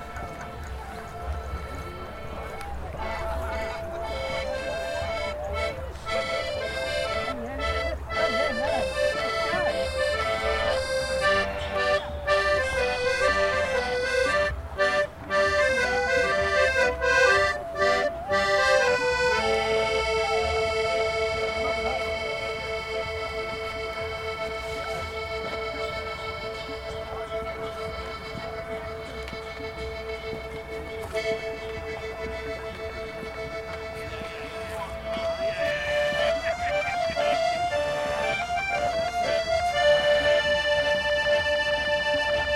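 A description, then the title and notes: At the Stonehenge solstice gathering, a reedy melodic line steps between notes for the first twenty seconds, then settles into a long held tone until about 35 seconds before shifting pitch again. A steady low rumble and crowd murmur run underneath throughout. Stonehenge Solstice 2023 - a Neolithic Soundscape. This summer solstice I headed to Stonehenge to capture the mood of the place.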